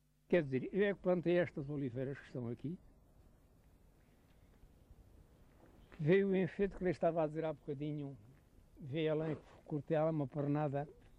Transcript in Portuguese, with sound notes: Quer dizer, eu é que plantei estas oliveiras que estão aqui. [pausa] Vê o efeito que lhe eu estava a dizer há bocadinho? Vê além que cortei lá uma pernada?